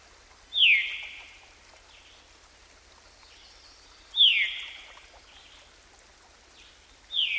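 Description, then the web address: Veery song: clear, fluty phrases that spiral downward, each lasting about half a second, repeated roughly every three and a half seconds over a soft background hiss. "Dan Gibson Songbirds By The Stream. Veery"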